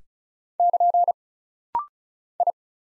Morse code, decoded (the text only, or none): <KN> I